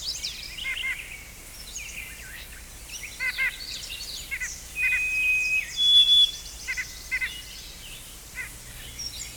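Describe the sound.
White-breasted nuthatch giving short nasal notes in small clusters, with other birds' thin high whistles and a steady insect buzz behind.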